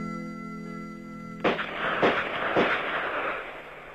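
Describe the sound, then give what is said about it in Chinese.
Three sharp gunshot cracks from police detectives' live-fire practice at a shooting range on an autumn morning under a clear sky fire in quick succession, each with a short noisy decay, following a steady sustained musical tone that fades out as the shots begin. “清脆的枪声划破了万里晴空。”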